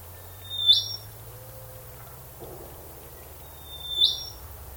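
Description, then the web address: Bird calls, two high whistled notes rising sharply at the end, about three seconds apart, with a low steady hum underneath. Unidentified bird species calling in a swamp. "Sound Effects-Foundation 1 BIRD UNKNOWN SWAMP CALL"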